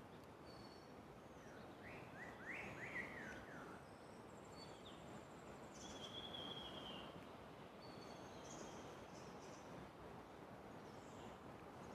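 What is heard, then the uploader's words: Birds call over a steady, dense rush of outdoor noise in the early-morning hills. Rising chirps come near the three-second mark, then thin high whistles and trills recur through the rest, while the low, even hiss never lets up. Sound of the Garhwal Himalayas. Early morning, you'd rise to bird choruses.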